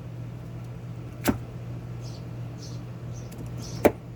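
A snap-in part is yanked out by hand from the chassis of a Traxxas Xmaxx 8S RC monster truck with a blown motor. Over a steady low hum, a softer tap sounds at about 1.3 s, then a loud sharp snap at 3.9 s as the part pops free and is released.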